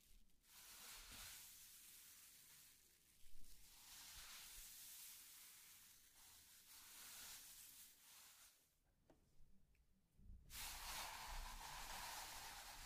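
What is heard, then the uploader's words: Slime and crayon sounds: a dense, bright scratchy hiss that swells and fades in slow waves, with a sharp crackle near three seconds. Around nine seconds it drops to near silence with a few small clicks, then the bright rasp returns steadily to the end. Slime Sounds Crayon Sounds + Tapping. Some various mixed sounds.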